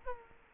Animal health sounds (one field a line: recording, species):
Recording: mosquito wingbeat signal from an infrared sensor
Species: Culex quinquefasciatus